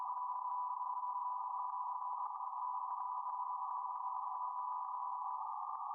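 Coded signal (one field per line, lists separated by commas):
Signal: PSK31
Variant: BPSK31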